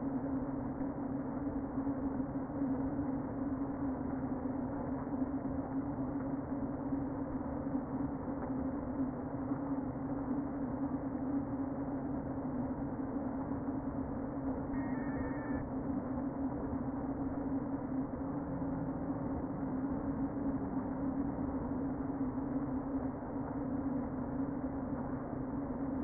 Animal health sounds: honeybee colony, microphone inside the hive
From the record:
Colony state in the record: queen present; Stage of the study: before two queens were removed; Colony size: about 60,000 bees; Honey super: yes

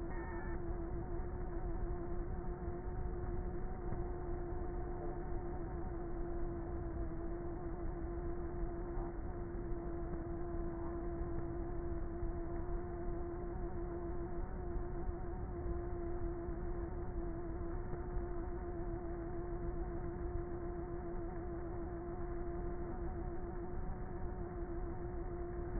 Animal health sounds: honeybee colony, microphone inside the hive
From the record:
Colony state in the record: queenless with a low population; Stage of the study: before two queens were removed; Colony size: about 30,000 bees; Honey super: no

